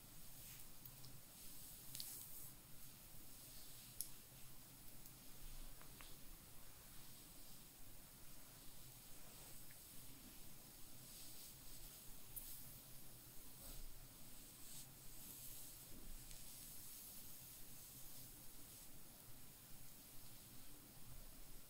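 Scalp oiling and head massage: a continuous soft, dense rustle of fingers scratching through hair, with brighter scratchy bursts recurring every second or so.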